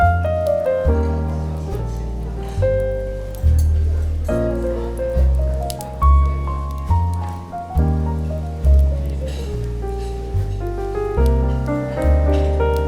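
Smooth jazz fills the coffee shop bookstore ambience, with warm, deep bass notes and mellow chords changing every second or so. Soft attacks recur through the piece, each note swelling then fading, with faint murmuring and light rustling beneath.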